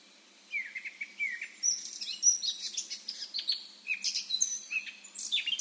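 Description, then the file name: Eurasian blackcap song: a rapid scratchy warble of varied high chirps and twittering notes, starting after about half a second. "Sylvia atricapilla"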